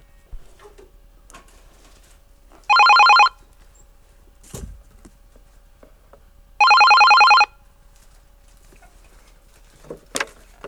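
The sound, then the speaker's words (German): A fan phone-line telephone rings twice, each ring a loud, buzzing trill lasting about half a second, separated by a few seconds of quiet with faint clicks and a low thump in between. “Gucken wir mal, wer als nächstes anruft hier irgendwie.”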